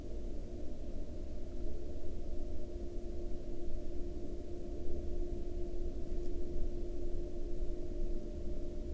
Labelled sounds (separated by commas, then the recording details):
flare stack
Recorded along the Dalton Highway, Alaska, on 25 April 2019 at 05:28
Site 07